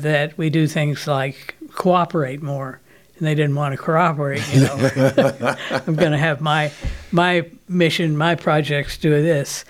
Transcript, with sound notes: that we do things like cooperate more, and they didn’t want to cooperate.… (Laughing) You know, “I’m going to have my mission, my projects, and do this.”